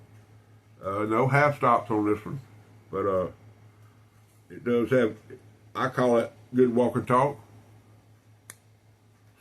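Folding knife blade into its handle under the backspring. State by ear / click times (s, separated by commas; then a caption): seated / 8.5 s. Someone talks about an old steel barlow-style slip-joint pocketknife as its single blade is closed into the handle. At 8.5 s the backspring snaps the blade home with one sharp, brief click, and the blade is shut.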